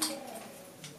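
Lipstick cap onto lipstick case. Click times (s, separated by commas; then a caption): 0.0 s. A lipstick cap is pressed onto its case and clicks shut at 0.0 seconds with a sharp, bright snap. A fainter tick follows at 0.8 seconds, and the cap is seated.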